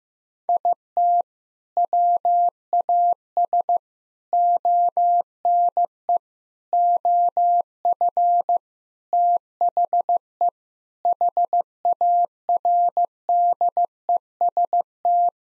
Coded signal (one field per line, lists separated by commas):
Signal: Morse code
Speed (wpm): 15 wpm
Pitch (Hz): 700 Hz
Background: none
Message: IT WAS ONE OF THE HARDEST